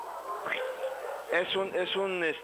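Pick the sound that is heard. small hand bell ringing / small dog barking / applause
small dog barking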